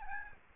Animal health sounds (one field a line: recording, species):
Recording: mosquito wingbeat signal from an infrared sensor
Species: Aedes albopictus